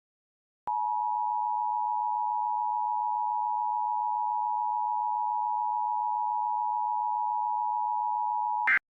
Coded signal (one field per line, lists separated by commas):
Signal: Emergency Alert System (SAME) tones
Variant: 853 and 960 Hz attention tone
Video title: Required WEEKLY test NO EAS